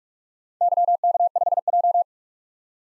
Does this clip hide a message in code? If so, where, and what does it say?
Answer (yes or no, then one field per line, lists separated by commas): yes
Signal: Morse code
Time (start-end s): 0.6-2.0 s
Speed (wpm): 46 wpm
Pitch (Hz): 700 Hz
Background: none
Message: YK5J